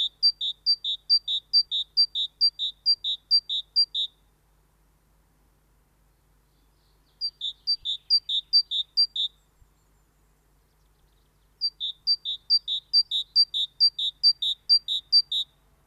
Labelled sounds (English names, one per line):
Great Tit song